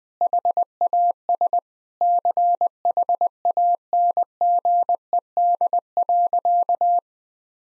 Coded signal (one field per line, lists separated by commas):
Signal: Morse code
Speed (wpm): 20 wpm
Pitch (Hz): 700 Hz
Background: none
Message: HAS CHANGED.